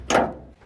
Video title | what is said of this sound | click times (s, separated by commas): Jeep Comanche - Part 2: Rear Brakes, Fuel Tank and Pump, Dana 35 Pinion Seal, Transfer Case Fluid | This just snaps in. | 0.1 s